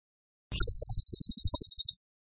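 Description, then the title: Bird giving a short burst of high, rapid pulsed trilling, about a dozen clipped notes in under two seconds. Training (masteran) recording for cage birds; song style called tembakan; bird singing vigorously (gacor). "Masteran Burung Tembakan Gacor"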